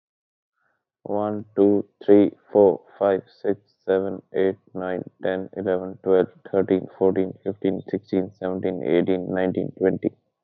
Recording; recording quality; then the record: counting at a normal pace; excellent, no background noise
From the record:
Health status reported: COVID-19 positive, mild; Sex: male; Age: 23 years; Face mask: not worn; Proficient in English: yes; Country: India